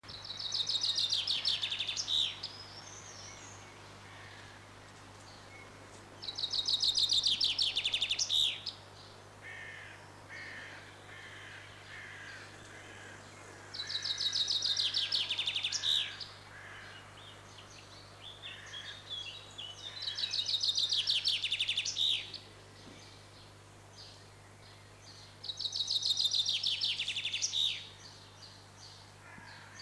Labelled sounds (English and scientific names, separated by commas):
Common Chaffinch (Fringilla coelebs) song